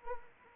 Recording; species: mosquito wingbeat signal from an infrared sensor; Anopheles arabiensis